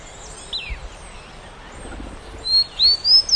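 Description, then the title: Bird singing: a short run of high, sweeping whistled notes near the end, with a softer descending note earlier over faint background hiss. "LuckyPassaro Completos2Sama"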